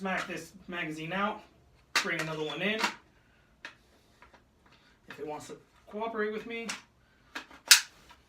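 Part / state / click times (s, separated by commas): rifle magazine into the rifle's magazine well / seated / 7.7 s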